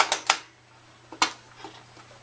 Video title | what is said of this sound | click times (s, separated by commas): Desktop PC not Booting | you hear them click then they're pressed home | 0.3 s, 1.2 s